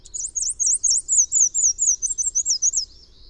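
Bird song: a rapid string of high, squiggly whistled notes that gradually descends and fades out at the end.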